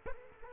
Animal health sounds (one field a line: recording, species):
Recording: mosquito wingbeat signal from an infrared sensor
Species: Culex quinquefasciatus